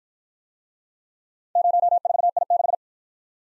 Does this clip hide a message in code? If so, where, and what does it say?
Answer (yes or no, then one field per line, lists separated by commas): yes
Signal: Morse code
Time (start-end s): 1.6-2.7 s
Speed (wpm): 51 wpm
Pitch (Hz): 700 Hz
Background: none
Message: 04I6